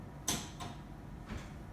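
The fluid bag scale tray on a Prismax renal replacement therapy (dialysis) machine is pulled out until it stops at its open position. A single sharp click lands at 0.3 s, followed by softer, fainter knocks around 0.6 s and 1.3 s. The scale is released and clicks into its open position.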